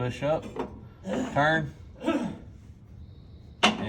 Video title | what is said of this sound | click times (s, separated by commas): Cub Cadet XT 2 Quick Blade Replacement—User Describes Glitch | and lock screen and I heard it snap when it locks it yep yeah that is awesome | 3.6 s